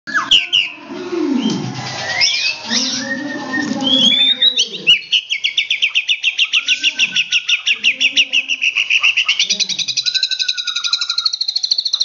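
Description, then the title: White-rumped shama singing a varied phrase of swooping whistles and harsh notes, then a long rapid run of repeated high, bright notes. Tutor recording (masteran) used to train captive birds. "Murai Batu"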